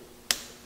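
A torque wrench is checked on the next oil pump mounting bolt of a Chrysler FWD 3.2/3.6 engine and clicks sharply at its setting at about 0.3 s, with a second, softer sharp click near 0.7 s. The result matches the previous bolt: the marks on the bolt and the oil pump or block stay lined up, with no movement.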